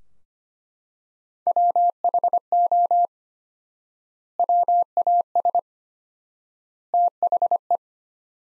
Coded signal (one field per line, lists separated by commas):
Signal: Morse code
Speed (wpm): 25 wpm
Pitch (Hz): 700 Hz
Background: none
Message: WHO WAS THE